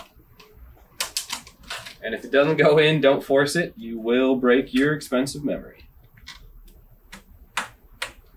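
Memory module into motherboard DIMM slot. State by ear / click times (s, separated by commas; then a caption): not seated / none. A memory module is being handled and pressed toward its DIMM slot on a motherboard, with sharp clicks and taps around 1.0–1.7 s and again near 7.1–8.0 s while someone talks in between. Nothing has seated or clicked into place yet.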